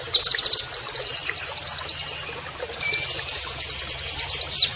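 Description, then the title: Oriental white-eye song: long, rapid, even trills of high chipping notes, broken by a brief pause, then resuming at the same quick pace. Canary-like singing (kenarian), used in masteran training to teach song to caged birds; a vigorous (gacor) singer. "Pleci Gacor. MASTERAN PLECI NEMBAK KENARIAN"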